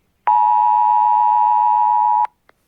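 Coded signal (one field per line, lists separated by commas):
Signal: Emergency Alert System (SAME) tones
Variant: 853 and 960 Hz attention tone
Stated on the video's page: Fictional EAS scenario presented as playing on mobile devices.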